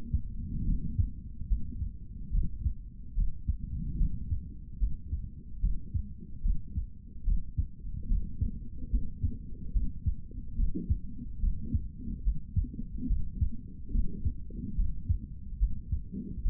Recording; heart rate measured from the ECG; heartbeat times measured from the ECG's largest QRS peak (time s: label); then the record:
heart sounds by stethoscope; 72 bpm
0.65 s: heartbeat
1.48 s: heartbeat
2.31 s: heartbeat
3.15 s: heartbeat
3.97 s: heartbeat
4.79 s: heartbeat
5.60 s: heartbeat
6.42 s: heartbeat
7.24 s: heartbeat
8.07 s: heartbeat
8.90 s: heartbeat
9.72 s: heartbeat
10.56 s: heartbeat
11.40 s: heartbeat
12.23 s: heartbeat
13.07 s: heartbeat
13.91 s: heartbeat
14.75 s: heartbeat
15.59 s: heartbeat
16.43 s: heartbeat
From the record:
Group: healthy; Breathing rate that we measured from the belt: 18 breaths a minute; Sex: male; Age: 55 years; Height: 167 cm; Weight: 57.2 kg